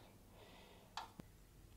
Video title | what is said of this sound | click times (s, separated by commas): Huskee / MTD Lawn Mower Drive Belt Replacement | over the pulley and you heard it snap into place now | 1.0 s